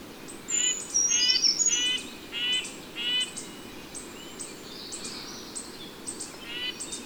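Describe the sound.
Bird song of repeated short harmonic chirps and high thin whistles, busier at first then sparser, over steady low background noise.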